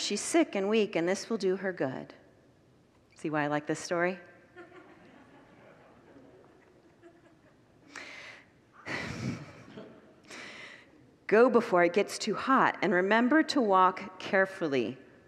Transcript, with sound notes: She’s sick and weak, and this will do her good.” See why I like this story? [Congregants laugh] “Go before it gets too hot and remember to walk carefully.